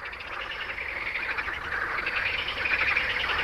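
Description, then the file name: Frogs calling in a dense chorus of rapid, pulsed trilling notes that overlap continuously. "grenouilles"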